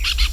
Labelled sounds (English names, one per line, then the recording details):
Brown-throated Parakeet contact call
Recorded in Venezuela
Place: Tumeremo, Edo. Bolivar; Camino de tierra entre el Frio y el fundo Atenas. Fundo San Ramon
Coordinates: 7.414, -61.558